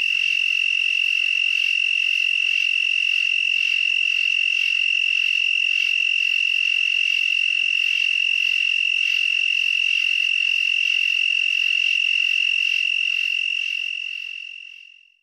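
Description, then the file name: Broad-winged tree cricket calling with a steady, unbroken high trill that fades out at the end. "Broad-winged Tree Cricket (Wild America)"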